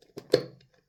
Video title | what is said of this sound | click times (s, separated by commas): Wolf Automatic Watch Winder - Tag Heuer - Breitling - Rolex | you hear it pop | 0.3 s